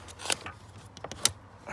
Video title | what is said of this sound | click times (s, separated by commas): Replacing Acura TSX cabin filter with K/N Washable Cabin Filter | We're going to take our tray, slide it back until it clicks. | 1.2 s